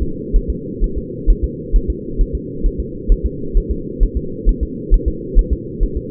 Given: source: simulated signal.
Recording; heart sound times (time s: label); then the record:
fetal heart sounds
0.02 s: S2
0.36 s: S1
0.50 s: S2
0.84 s: S1
0.98 s: S2
1.30 s: S1
1.44 s: S2
1.76 s: S1
1.90 s: S2
2.21 s: S1
2.35 s: S2
2.66 s: S1
2.80 s: S2
3.12 s: S1
3.26 s: S2
3.57 s: S1
3.71 s: S2
4.03 s: S1
4.17 s: S2
4.49 s: S1
4.63 s: S2
4.94 s: S1
5.08 s: S2
5.39 s: S1
5.53 s: S2
5.83 s: S1
5.97 s: S2
From the record:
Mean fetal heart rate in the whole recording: 130 bpm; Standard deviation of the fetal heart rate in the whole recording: 4 bpm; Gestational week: 38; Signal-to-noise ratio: -4.3 dB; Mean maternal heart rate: 72 bpm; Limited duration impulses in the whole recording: absent